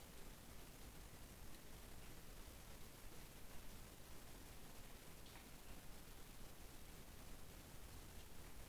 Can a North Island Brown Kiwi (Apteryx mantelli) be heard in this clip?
no